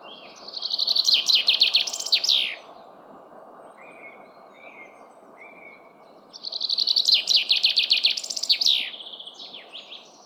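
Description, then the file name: Common chaffinch song, two bright rattling phrases that descend into a flourish, about six seconds apart, with soft short whistles between them. "Fringilla coelebs"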